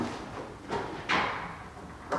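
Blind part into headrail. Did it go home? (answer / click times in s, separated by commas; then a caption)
no / none. A plastic blind part is handled against a headrail as it is about to be snapped in. Against a steady background hiss, short scraping, knocking handling sounds come at about 0.7, 1.1 and 2.1 seconds, the one at 1.1 seconds the loudest. Nothing has seated or clicked into the headrail yet.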